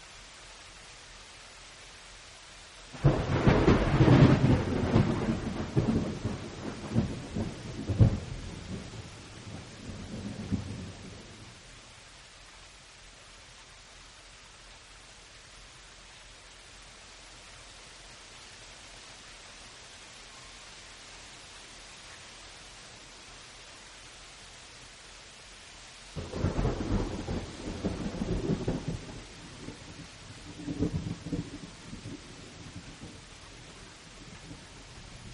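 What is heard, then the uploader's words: A late-night downpour keeps up a steady, even hiss throughout. Two loud, rumbling rolls of what sounds like thunder break through, one from about 3 to 11 seconds and another starting near 26 seconds, each booming low and then fading back into the rain. The gentle embrace of a late-night downpour. Serene rain sounds.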